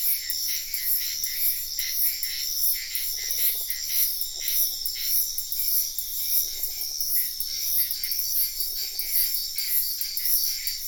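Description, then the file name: Frog giving brief buzzy pulsed croaks, four separate bursts, set against a constant shrill insect chorus that pulses rhythmically. Wetland at night in Sian Ka'an Biosphere Reserve, with insects heard in the ambience. "felix blume nature ambience wetland night frogs insects bird heron type sian ka an biosphere reserve"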